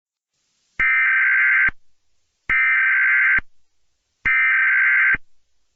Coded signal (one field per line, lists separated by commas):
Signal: Emergency Alert System (SAME) tones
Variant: header bursts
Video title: EAS Scenario - Inanimate Awakening -